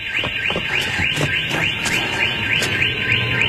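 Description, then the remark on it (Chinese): A car alarm, set off by an attempt to steal the car, blares in a fast, repeating pattern of high warbling sweeps, each rising and falling in quick succession, loud and unbroken throughout with no voices. “该死的报警器，人总在换新的。”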